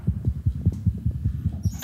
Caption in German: Der Doktor will noch die Herzgeräusche beim Nachwuchs checken. Modernste Technik im Nasenbärenstall. Victor hat ein digitales Stethoskop, das zeichnet dann auch direkt auf. Das kann man mit einem Smartphone verbinden. Den Herzschlag direkt von dem Tier. Das kann man sich auch laut stellen. Und sein Herz schlägt jetzt natürlich auch ziemlich schnell, weil er sehr aufgeregt gerade ist.